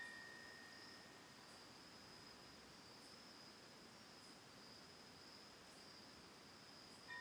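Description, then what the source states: Crickets producing a steady, unbroken high trill throughout, over a soft rushing hiss like wind in leaves. Autumn night, recorded 10 October 2020 from a lakeside home on Cayuga Lake, Ithaca, New York; wind through tree leaves.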